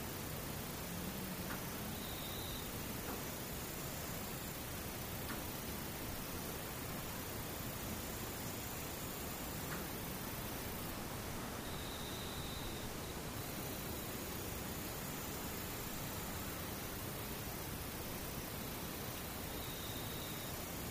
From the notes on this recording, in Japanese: 無音遠くにムシ